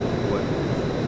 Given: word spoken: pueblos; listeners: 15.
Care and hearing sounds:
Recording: one Spanish word in noise, from a listening test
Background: speech-shaped noise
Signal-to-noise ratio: -6.7 dB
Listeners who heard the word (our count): 2 of 15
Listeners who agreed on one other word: 6 of 15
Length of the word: 0.67 s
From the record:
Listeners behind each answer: 6, 3, 2, 1, 1, 1, 1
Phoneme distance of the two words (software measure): 30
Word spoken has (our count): 2 syllables, 7 phonemes, stress on syllable 1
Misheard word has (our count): 2 syllables, 7 phonemes, stress on syllable 1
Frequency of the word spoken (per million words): 78.97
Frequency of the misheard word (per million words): 54.51

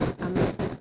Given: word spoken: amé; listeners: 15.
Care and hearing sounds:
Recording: one Spanish word in noise, from a listening test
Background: noise modulated by three-talker babble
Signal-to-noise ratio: -6.4 dB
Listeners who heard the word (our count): 2 of 15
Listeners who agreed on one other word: 6 of 15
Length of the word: 0.41 s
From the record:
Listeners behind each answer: 6, 2, 2, 1, 1, 1, 1, 1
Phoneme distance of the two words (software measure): 24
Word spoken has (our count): 2 syllables, 3 phonemes, stress on syllable 2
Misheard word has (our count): 3 syllables, 5 phonemes, stress on syllable 2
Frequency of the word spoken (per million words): 1.11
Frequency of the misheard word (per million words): 125.69

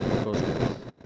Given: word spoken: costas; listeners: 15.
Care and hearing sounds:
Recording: one Spanish word in noise, from a listening test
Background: noise modulated by one talker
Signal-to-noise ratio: -9.0 dB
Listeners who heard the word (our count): 0 of 15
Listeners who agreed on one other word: 8 of 15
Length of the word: 0.66 s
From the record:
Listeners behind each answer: 8, 1, 1, 1, 1, 1, 1, 1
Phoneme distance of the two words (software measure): 7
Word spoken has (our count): 2 syllables, 6 phonemes, stress on syllable 1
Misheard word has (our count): 2 syllables, 5 phonemes, stress on syllable 1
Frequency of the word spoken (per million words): 19.69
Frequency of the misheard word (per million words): 390.53

